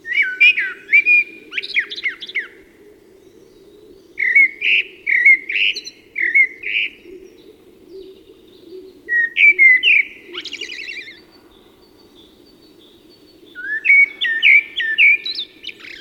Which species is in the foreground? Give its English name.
Common Blackbird